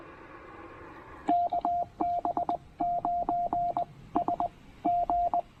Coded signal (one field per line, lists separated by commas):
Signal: Morse code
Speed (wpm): 20 wpm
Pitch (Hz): 690 Hz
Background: radio noise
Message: KB9S G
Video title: The new Penntek TR-45L: A Full Overview, Tour, and POTA Activation!